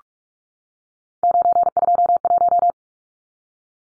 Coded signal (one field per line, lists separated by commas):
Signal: Morse code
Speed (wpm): 44 wpm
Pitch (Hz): 700 Hz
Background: none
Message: 921